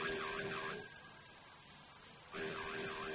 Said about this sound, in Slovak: Telefón znovu funguje. Ale nie. To je predsa zvonček na dverách.